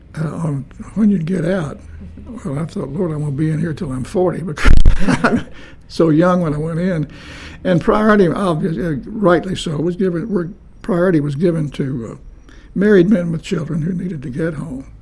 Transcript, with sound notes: at…when you get out, after the war, I won’t be in here until I’m forty because [Chuckling] I was so young when I went in, and priority obviously, rightly so was given…was, priority was given to married men with children who needed to get home.